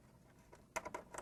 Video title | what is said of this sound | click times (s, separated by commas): Internal Storage Systems adalah - Tutorial Komputer Terlengkap | and it SL slides and Pops right into the motherboard like that | 0.8 s